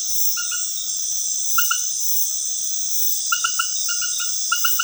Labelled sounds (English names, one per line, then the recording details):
none
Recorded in dense forest near Puerto Asís, Putumayo, Colombia, on 20 February 2024 at 21:00
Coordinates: 0.505, -76.324
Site G6467